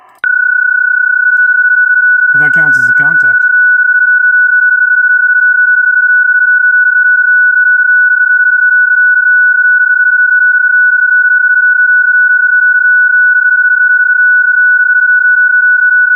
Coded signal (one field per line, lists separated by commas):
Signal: PSK31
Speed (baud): 31.25 baud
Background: speech